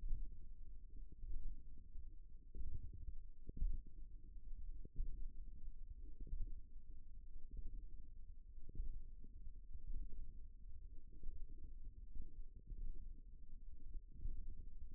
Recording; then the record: forearm muscle sounds (acoustic myography)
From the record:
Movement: finger pinch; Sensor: system 1, eight BSWA MPA416 microphones around the upper forearm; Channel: 8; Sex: female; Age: 20 years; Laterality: right